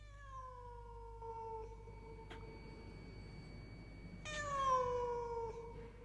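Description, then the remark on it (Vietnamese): A white cat lets out long, drawn-out, mournful meows, the first a sustained wail that slowly falls in pitch, followed after a pause by a louder, rising cry that trails off. “Một thằng ra ngoài kiểm tra cũng không thấy có gì khác lạ, ngoài một con mèo trắng đang kêu lên mấy tiếng não ruột.”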